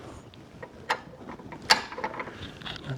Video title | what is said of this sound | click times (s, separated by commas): Tesla Model 3 Bike Rack Setup! KUAT 2-Bike Rack + Stealth Hitch Install | That's locked into place. | 1.7 s